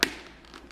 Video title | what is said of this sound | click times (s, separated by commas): GoPro HERO10 First Ride - No Audio | no audio so what it is you have to push it until it snaps real hard | 0.0 s